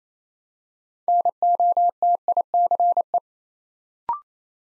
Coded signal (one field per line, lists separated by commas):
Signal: Morse code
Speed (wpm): 27 wpm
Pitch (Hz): 700 Hz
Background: none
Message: NOTICE